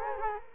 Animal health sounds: mosquito wingbeat signal from an infrared sensor; Culex quinquefasciatus

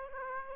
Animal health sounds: mosquito wingbeat signal from an infrared sensor; Aedes aegypti

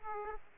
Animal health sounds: mosquito wingbeat signal from an infrared sensor; Aedes aegypti

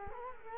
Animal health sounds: mosquito wingbeat signal from an infrared sensor; Culex quinquefasciatus

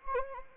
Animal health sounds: mosquito wingbeat signal from an infrared sensor; Anopheles arabiensis

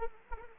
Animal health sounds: mosquito wingbeat signal from an infrared sensor; Anopheles arabiensis

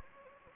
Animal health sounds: mosquito wingbeat signal from an infrared sensor; Anopheles gambiae

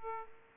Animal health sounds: mosquito wingbeat signal from an infrared sensor; Aedes aegypti

